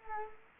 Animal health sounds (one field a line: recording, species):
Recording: mosquito wingbeat signal from an infrared sensor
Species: Culex quinquefasciatus